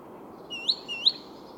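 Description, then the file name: Great tit calls: two rapid, sharply rising whistled notes a short gap apart, over soft background hiss. "Parus major"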